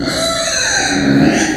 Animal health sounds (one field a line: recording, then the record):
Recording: squeal of a Yucatan mini pig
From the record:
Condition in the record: before surgery on the right vocal fold (resection and tissue-engineered implant)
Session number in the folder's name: 3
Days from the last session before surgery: 0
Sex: female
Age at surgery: 19 weeks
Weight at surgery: 25 kg